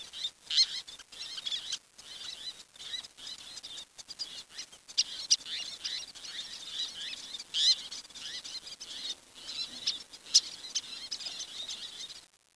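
Bird calls: thin, high chirps scattered throughout, with brief dropouts in the background noise.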